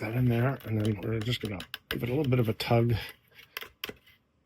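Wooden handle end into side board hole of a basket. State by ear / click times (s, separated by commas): seated / 3.8 s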